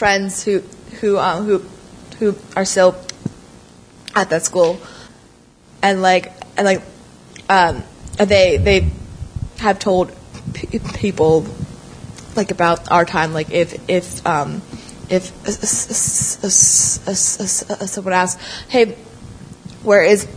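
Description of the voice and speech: Young woman's conversational speech with repeated sounds and words, stretched sounds and long pauses: stuttering that breaks the flow of speech.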